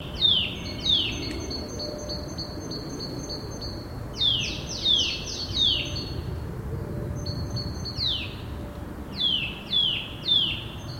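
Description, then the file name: Eurasian nuthatch calling with downward-slurred whistled notes in quick bursts of several, with pauses between groups over background noise. "Sitta europaea"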